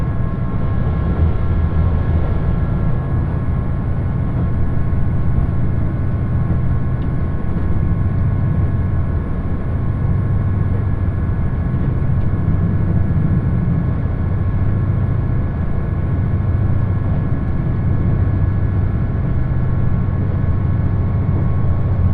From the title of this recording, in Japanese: 予讃線特急宇和海5号 伊予大洲→宇和島